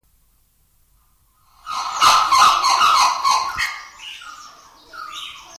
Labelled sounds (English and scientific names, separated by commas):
Blue-winged Kookaburra (Dacelo leachii) call